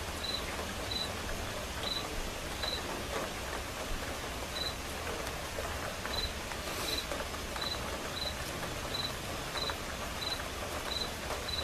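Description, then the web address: Crickets chirping in short high bursts with a few uneven gaps, over continuous soft rain. Crickets chirping as accompaniment to a quiet rain. "som de chuva silenciosa com acompanhamento de grilos"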